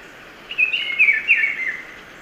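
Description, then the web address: Black-billed peppershrike delivering one loud, melodious phrase of rolling, slurred whistled notes lasting about a second, against a faint hissing background. Ecuador. "Natures Songs S America Birds of Ecuador. Black-billed Peppershrike"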